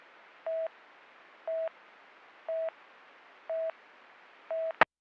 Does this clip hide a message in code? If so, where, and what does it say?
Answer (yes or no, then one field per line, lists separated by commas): no